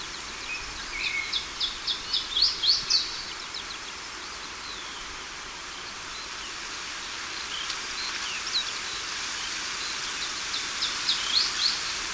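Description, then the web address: Iberian chiffchaff song: bursts of high, sharp notes in quick series, one early and one near the end, over steady hissing background noise. Recorded in Portugal in May 2000. "Phylloscopus ibericus 200005 Portugali"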